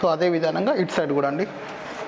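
Someone talks while the second side of a T-shirt embroidery frame clip is being pressed into its holder on an HSW embroidery machine frame, after the first side's U-shaped slot has already been fitted. The speech fills the first 1.5 seconds, followed by a quieter stretch of low background noise. Nothing has seated or clicked yet; the clip is still short of locking home.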